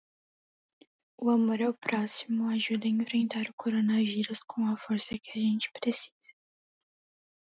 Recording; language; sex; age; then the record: spoken sentence; Brazilian Portuguese; female; 18 to 19 years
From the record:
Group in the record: control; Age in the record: 18 years